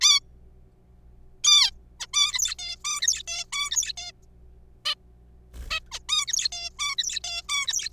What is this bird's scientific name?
Taeniopygia guttata